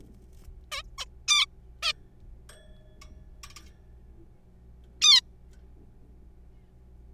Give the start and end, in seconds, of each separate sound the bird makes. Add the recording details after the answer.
0.72-0.82, 0.98-1.05, 1.28-1.46, 1.83-1.93, 5.02-5.21. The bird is a juvenile. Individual R3428